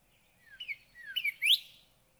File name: Northern Cardinal